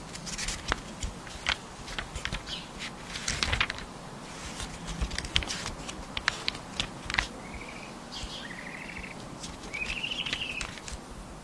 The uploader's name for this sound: flying broom, open book